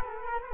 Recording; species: mosquito wingbeat signal from an infrared sensor; Culex quinquefasciatus